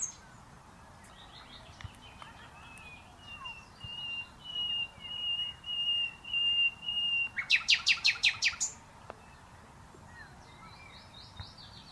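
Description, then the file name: Common nightingale singing several drawn-out pure whistles that grow louder, then a fast, powerful rattling trill, followed by quieter notes. "Luscinia megarhynchos"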